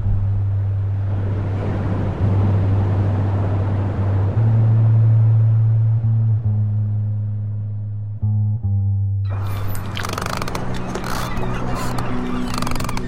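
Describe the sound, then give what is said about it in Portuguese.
A boat on the sea in front of a lighthouse: its engine drones low and steady under a wash of rushing noise, then a harsher, brighter burst of clattering sound breaks in for the last few seconds. “Desesperazón sobre un barco ao fronte do faro.”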